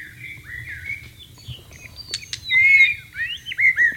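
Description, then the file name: White-rumped shama song: varied whistled phrases with a few sharp clicks, ending in loud, clear slurred whistles. "suara burung murai batu di alam liar"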